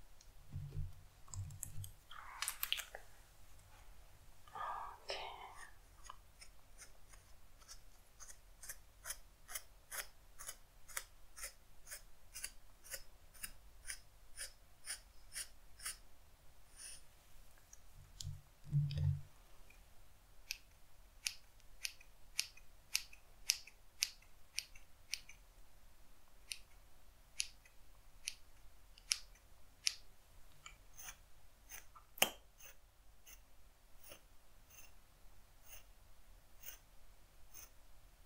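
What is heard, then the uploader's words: A haircut roleplay, built on rapid, regular scissor snips that run through nearly the whole clip as sharp, bright clicks. Early on, soft brushing and rustling sounds appear around two and five seconds, and a low thump lands near nineteen seconds. ASMR Haircut Roleplay.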